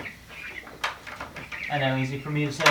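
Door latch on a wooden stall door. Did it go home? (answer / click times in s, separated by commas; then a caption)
yes / 0.9 s. A latch on the lower doors of a wooden animal stall is closed, giving a sharp knock at about 0.9 s. Someone talks before and after, and the latch is shut.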